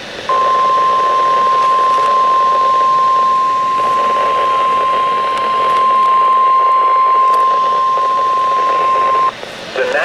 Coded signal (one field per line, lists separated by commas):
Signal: Emergency Alert System (SAME) tones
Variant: 1050 Hz attention tone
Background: speech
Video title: Severe Thunderstorm Warning 5 On KXI46 3/19/2025 (EAS #2,739)